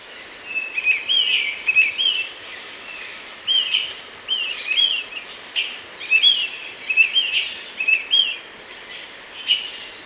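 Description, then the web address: Dusky-capped flycatcher with quick repeated whistled notes in clusters, sharp upslurs and downslurs, against a continuous high-pitched insect buzz. Recorded in Ecuador, South America. "Natures Songs S America Birds of Ecuador Dusky-capped Flycatcher"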